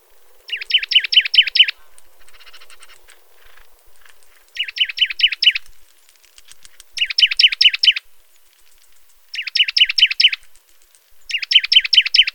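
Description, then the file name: Juniper titmouse song: fast trilled phrases of several rapid repeated notes, given every two to four seconds. "baeolophus ridgwayi"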